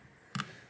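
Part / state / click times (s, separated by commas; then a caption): battery flex connector into tablet logic board socket / seated / 0.3 s. The battery flex connector of a Xiaomi Mi Pad 5 tablet is laid over its logic board socket and pressed down. A sharp click at 0.4 s (0.35 s) is followed by a second snap at 0.4 s, and the connector is seated.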